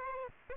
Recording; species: mosquito wingbeat signal from an infrared sensor; Aedes aegypti